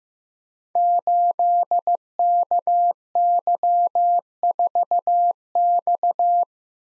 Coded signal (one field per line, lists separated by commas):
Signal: Morse code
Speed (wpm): 15 wpm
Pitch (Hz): 700 Hz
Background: none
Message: 8KY4X